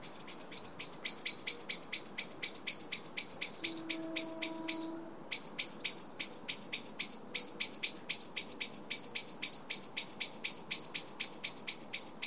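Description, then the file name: Common blackbird call: rapid run of hard, ticking chink notes, about four a second, briefly faltering before resuming; a soft low tone is heard midway. "Turdus merula"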